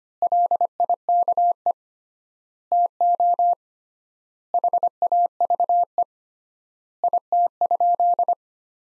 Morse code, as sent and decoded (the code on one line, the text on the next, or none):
.-.. .. -.- . / - --- / .... .- ...- . / .. - ..--..
LIKE TO HAVE IT?